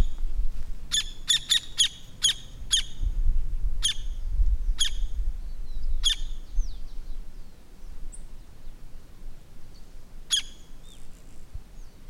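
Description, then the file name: Campo flicker calling: loud, sharp ringing notes, some single and some in quick runs of two to four, spaced irregularly, over a steady low rumble. "canto do pica pau do campo"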